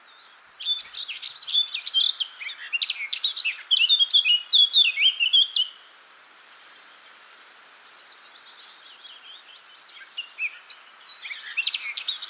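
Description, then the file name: Eurasian blackcap warbling in a lively, jumbled run of high notes for five seconds, then softer-sounding warbles before another brief loud burst. "Sylvia atricapilla"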